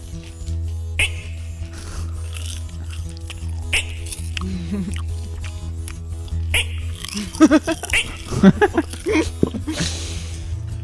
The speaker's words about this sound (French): Et même de temps à autre, on entend certaines grenouilles qui font.